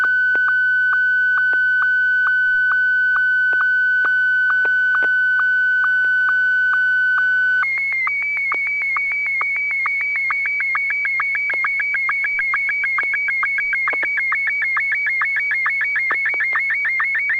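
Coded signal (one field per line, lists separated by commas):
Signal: SSTV (slow-scan television)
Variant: Martin 1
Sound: steady mid tone then higher tone, ticked by regular short blips about twice a second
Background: low hum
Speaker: AI6DG. Are you ready to send an image?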